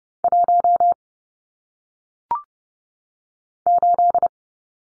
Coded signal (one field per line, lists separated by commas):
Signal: Morse code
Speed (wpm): 30 wpm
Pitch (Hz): 700 Hz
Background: none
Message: 1 8